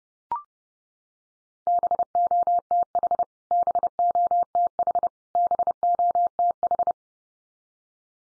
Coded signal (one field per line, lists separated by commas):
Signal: Morse code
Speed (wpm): 30 wpm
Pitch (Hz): 700 Hz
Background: none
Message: BOTH BOTH BOTH